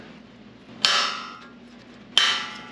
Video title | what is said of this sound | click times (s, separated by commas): Flat Towing Nightmare! Rock Hard 4X4 Bumper Fails on Our Bronco - RV Life Problems | there we go snapped in | 0.9 s, 2.2 s